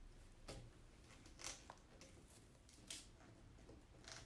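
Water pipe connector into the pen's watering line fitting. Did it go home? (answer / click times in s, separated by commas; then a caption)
no / none. A water pipe connector is handled at the watering line fitting of a 2-layer 15-inch grow-out pen, where it will lock into a small groove. Short sharp handling taps and scrapes stand out near 0.5, 1.5 and 2.9 seconds over a low background hiss. Nothing has seated or clicked yet.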